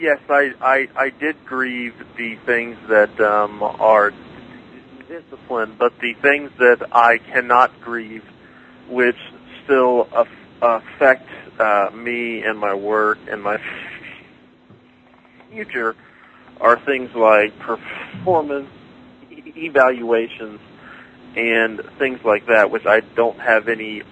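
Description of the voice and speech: A man, a police detective who stutters, speaks in halting phrases, with stretched sounds, silent blocks before words and long mid-sentence pauses that break up otherwise clear speech. These disfluencies fit stuttering, a fluency disorder. Light low background hum.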